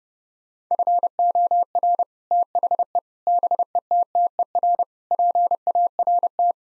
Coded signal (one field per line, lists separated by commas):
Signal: Morse code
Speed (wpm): 32 wpm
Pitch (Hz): 700 Hz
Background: none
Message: FOR THE BETTER PART